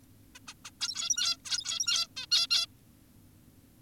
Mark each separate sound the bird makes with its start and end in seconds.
0.35-0.39, 0.48-0.54, 0.65-0.71, 0.81-1.37, 1.45-2.08, 2.17-2.26, 2.32-2.47, 2.51-2.66